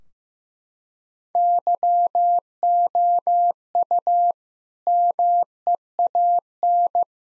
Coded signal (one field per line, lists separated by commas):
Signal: Morse code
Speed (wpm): 15 wpm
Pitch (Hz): 700 Hz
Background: none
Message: YOU MEAN